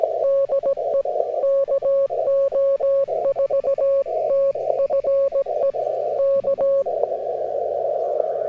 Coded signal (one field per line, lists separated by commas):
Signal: Morse code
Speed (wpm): 17 wpm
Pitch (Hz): 550 Hz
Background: radio noise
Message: DE KO4TFE K